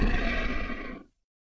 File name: lion